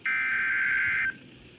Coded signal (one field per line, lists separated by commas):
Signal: Emergency Alert System (SAME) tones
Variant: header bursts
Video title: SVR EAS #166